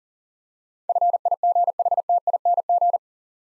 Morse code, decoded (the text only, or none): FIGHTING